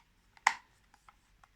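A plastic label tape cartridge is pressed into the open bay of a Dymo LetraTag LT100H label maker and clicks into place with a loud, sharp click at 0.5 s. Fainter ticks and taps come before and after it against a quiet background, and the cartridge is seated.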